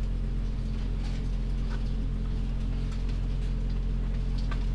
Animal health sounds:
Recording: poultry house recording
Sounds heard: sick chickens (respiratory disease)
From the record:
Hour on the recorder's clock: 4

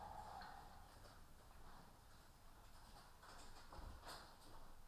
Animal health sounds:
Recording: poultry house recording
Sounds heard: healthy chickens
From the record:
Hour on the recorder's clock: 13

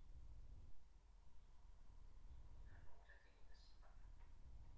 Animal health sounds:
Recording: poultry house recording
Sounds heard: no chicken sound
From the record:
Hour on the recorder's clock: 7

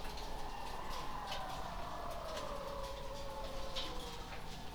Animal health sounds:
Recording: poultry house recording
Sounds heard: healthy chickens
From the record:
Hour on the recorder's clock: 19

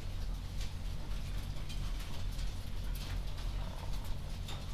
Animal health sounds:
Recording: poultry house recording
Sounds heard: sick chickens (respiratory disease)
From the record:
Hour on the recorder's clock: 22

